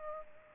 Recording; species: mosquito wingbeat signal from an infrared sensor; Culex pipiens